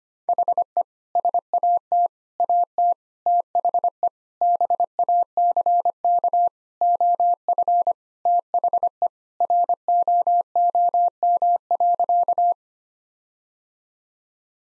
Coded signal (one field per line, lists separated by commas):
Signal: Morse code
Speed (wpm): 25 wpm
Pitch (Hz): 700 Hz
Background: none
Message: HE SAT AT THE BACK OF THE ROOM.